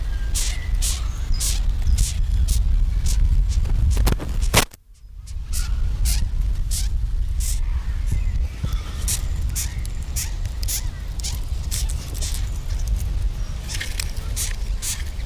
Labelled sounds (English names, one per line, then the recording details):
Cerambyx Longicorn stridulation
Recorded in captivity
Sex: female
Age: imago
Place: Schloßpark Niederschönhausen, Berlin, DE
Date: 1997-07-05 18:39
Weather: 21°C, sonnig
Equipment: Sony MD-WM MZ-R3, Sennheiser MKH 416 T, Kopie Uher 4000 Report Monitor
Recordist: Tembrock, Günter
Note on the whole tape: Weibchen: nach Eiablage aufgenommen (Stridulation in Hand vor Mikrofon)